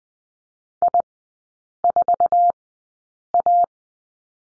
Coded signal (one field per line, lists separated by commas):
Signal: Morse code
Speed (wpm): 20 wpm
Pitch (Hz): 700 Hz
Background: none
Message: I4A